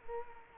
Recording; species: mosquito wingbeat signal from an infrared sensor; Culex quinquefasciatus